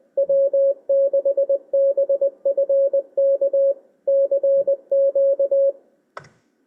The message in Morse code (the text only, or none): W6BFK CQ